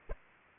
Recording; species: mosquito wingbeat signal from an infrared sensor; Aedes aegypti